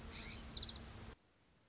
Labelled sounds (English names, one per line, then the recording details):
Orange-crowned Warbler
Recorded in Sonoma County, California